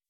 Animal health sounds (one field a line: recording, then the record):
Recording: hydrophone in a shrimp aquaculture tank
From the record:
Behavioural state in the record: weakened